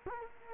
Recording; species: mosquito wingbeat signal from an infrared sensor; Culex quinquefasciatus